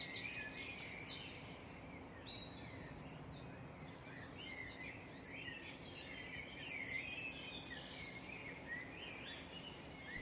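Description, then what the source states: Birds singing together, a tangle of chirps, quick trills and short rattling phrases layered continuously, with soft constant hiss beneath. Dawn chorus.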